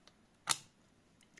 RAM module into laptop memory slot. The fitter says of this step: klik wyraźny obie pamięci trzymają się a więc sprawdźmy czy